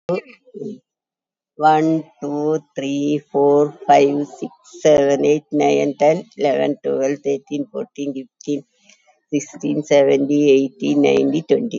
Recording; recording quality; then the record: counting at a normal pace; excellent, no background noise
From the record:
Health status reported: COVID-19 positive, mild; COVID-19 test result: positive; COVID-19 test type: RT-PCR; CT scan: taken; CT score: 2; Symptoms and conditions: sore throat, fever, diabetes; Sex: female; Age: 70 years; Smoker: no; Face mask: worn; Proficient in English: yes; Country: India